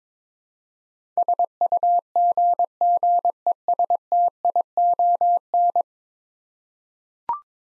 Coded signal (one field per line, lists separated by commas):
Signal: Morse code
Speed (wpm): 22 wpm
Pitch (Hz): 700 Hz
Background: none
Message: SUGGESTION